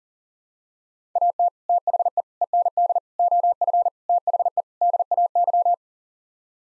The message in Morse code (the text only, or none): AT THE END OF THE DAY